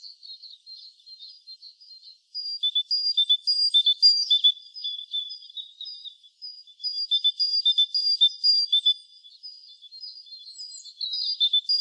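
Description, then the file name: Great tit song, a two-note phrase alternating high and lower whistles, repeated rapidly in bursts separated by quieter stretches. "Parus major"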